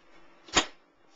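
A PC case lid, hooked into its notches on the chassis of an Optiplex 745 after a hard drive swap, is pivoted down until it snaps shut. A single sharp snap is heard at 0.5 s, and the lid is seated closed.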